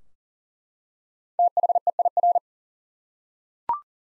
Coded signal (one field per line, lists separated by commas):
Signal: Morse code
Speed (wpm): 40 wpm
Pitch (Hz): 700 Hz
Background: none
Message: THEIR